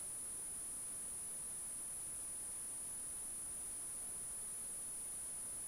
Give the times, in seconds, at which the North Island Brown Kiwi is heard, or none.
none